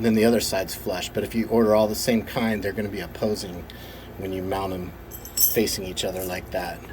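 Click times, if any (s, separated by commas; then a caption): none. Two countersunk neodymium disk magnets, screwed into the ends of a drumstick and a PVC pipe sleeve, are handled as the drumstick-end magnet is brought toward the magnet in the sleeve while someone talks. Speech dominates throughout, with no sharp transient standing out. The magnet coupling has not snapped together yet; nothing has seated.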